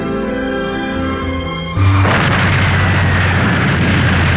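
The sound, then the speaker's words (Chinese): A steady, low tonal hum gives way to a sudden loud boom from distant artillery, then a sustained, rumbling roar of explosions that stays heavy to the end. It is heard on leaving Shanghai on the fifth day of the Japanese attack on Songhu. “离开上海时正值日寇进攻淞沪的第五天，远处的炮声不时传入耳鼓，眼前已呈现出兵荒马乱的征象。”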